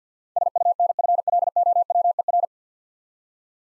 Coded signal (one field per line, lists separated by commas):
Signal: Morse code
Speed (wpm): 50 wpm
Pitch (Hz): 700 Hz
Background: none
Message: SUNFLOWER